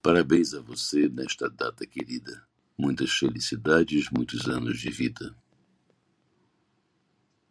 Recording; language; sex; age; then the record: short text; Brazilian Portuguese; male; 60 to 69 years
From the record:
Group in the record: control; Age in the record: 64 years